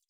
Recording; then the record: hydrophone in a shrimp aquaculture tank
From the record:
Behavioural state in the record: feeding